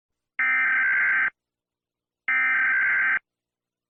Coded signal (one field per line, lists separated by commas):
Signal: Emergency Alert System (SAME) tones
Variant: header bursts